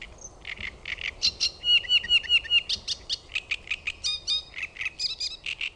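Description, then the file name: Great reed warbler song: loud, harsh, grating syllables repeated rapidly in chattering series, mixing low croaky notes with higher squeaky ones, continuous throughout. "RASTASKERTTUNEN"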